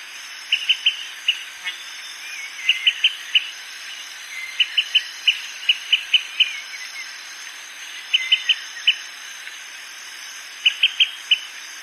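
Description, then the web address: Olive-sided flycatcher calls: sharp, high pip notes in quick short groups, repeated several times, over a steady high insect drone. Ecuador. "Natures Songs S America Birds of Ecuador Olive-sided Flycatcher"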